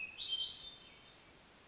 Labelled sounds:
Hermit Thrush (Catharus guttatus)

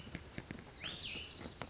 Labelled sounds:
Cassin's Vireo (Vireo cassinii)

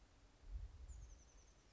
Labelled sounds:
Oak Titmouse (Baeolophus inornatus)

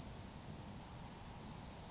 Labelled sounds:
California Towhee (Melozone crissalis)

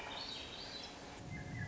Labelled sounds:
Swainson's Thrush (Catharus ustulatus)

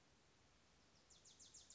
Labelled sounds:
Wilson's Warbler (Cardellina pusilla)

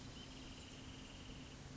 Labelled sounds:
Wrentit (Chamaea fasciata)

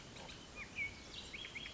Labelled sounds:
Bullock's Oriole (Icterus bullockii)

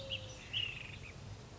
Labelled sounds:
Ash-throated Flycatcher (Myiarchus cinerascens)

